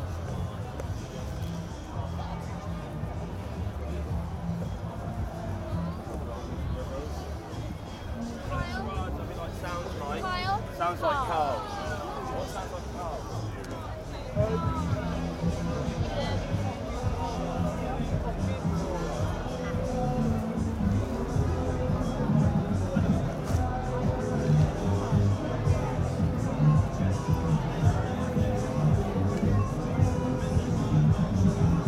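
Walking at night through Glastonbury festival, a steady babble of crowd voices surrounds footsteps, growing louder and busier after about fourteen seconds.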